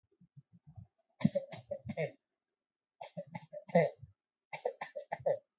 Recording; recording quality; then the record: shallow voluntary cough; excellent, no background noise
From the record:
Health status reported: healthy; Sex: male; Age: 25 years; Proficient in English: yes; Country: India